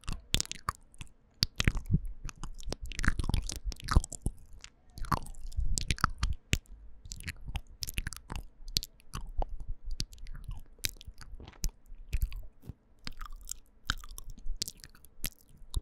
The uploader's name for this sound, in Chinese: 口腔音. 吹氣